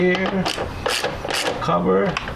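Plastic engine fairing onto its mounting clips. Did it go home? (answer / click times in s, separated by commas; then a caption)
no / none. The last plastic engine cover fairing on a 2007 Nissan Sentra is being handled over the engine and lined up onto its mounting clips after a spark plug replacement, while someone talks. A brief sharp handling noise comes at 0.9 s, but nothing has seated or clicked yet.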